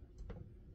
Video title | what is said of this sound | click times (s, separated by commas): Installing a remote control light with a fan | and then you're just going to put this on here and twist it till it clicks | 0.3 s